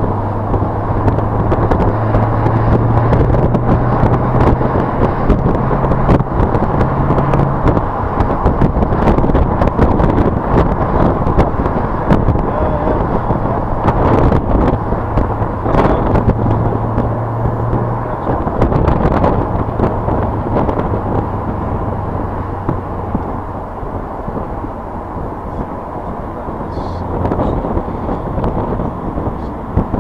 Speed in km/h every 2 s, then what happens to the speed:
44, 48, 56, 60, 61, 58, 56, 50, 52, 53, 47, 42, 39, 40, 34.
0-8 speeds up to 61. 8-14 slows to 50. 18-30 slows to 34.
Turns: none.